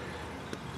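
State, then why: Not seated. The lock tab of the mechanism inside an automatic 4x4 wheel hub from a 2005–2016 Ford F250 ESOF system is handled during service of a stuck hub. Over steady low background noise there is one brief sharp tap at about 0.5 s. Nothing has seated or clicked into place yet.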